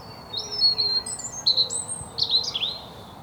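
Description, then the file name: European robin song of thin, very high whistled notes interspersed with short squeaky twitters, in a loose, unhurried sequence. "Erithacus rubecula"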